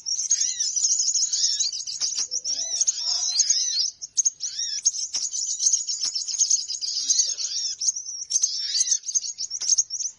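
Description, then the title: Birds chirping in a thick, high twittering flock sound, nearly unbroken, with a few lower squeaky notes mixed in. Noisy bird calls used as a lure to attract birds, which are said to gather close soon after it starts. "Baru Diputar Dah Banyak Merapat! Suara Pikat Burung Ribut"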